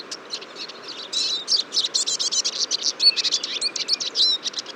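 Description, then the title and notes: Eurasian siskins twittering, a quick run of high chirps that builds from sparse notes into a busy, rapid chatter within a few seconds. Large flock at a feeder on a February morning, 23 February 2014, Fourcinet, Drôme, France; recorded with Nagra Seven and Telinga P7. "Choeur de fringilles. 23 février 2014-Fourcinet - Drôme. à la mangeoire un grand nombre de Tarin des aulnes (Carduelis spinus)"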